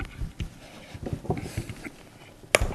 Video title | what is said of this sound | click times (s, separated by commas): 17-2 installation outdoor RBS 6000 : Feeder Grounding Details | that click that means it's been crimped properly | 2.6 s